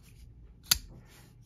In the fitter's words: as before there's no wheel to crank you just pull it'll lock into place pull it in and you're